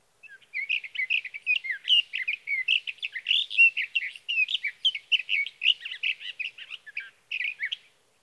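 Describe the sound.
Sage thrasher delivering an extended, unbroken warbling song of quick, varied chirps and slurred whistles for nearly eight seconds, with a short final phrase after a pause.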